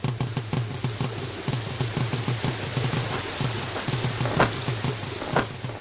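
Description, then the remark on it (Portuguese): Steady rain falls in a dense, hissing wash, with rhythmic low thumping pulses underneath and a few brighter splashes standing out, no voices present. “Eu posso ouvir agora o barulho da chuva.”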